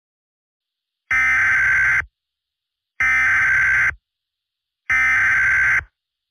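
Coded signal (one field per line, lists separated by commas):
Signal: Emergency Alert System (SAME) tones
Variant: header bursts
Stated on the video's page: Fictional EAS scenario for Independence Day, simulated, with very loud segments.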